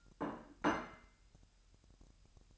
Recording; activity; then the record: daily activity, microphone in the room; place plate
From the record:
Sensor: 2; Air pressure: 1001.9 hPa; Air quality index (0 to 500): 248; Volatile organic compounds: 39 ppm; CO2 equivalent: 3137 ppm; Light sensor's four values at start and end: 8/28/11/10 and 8/28/11/10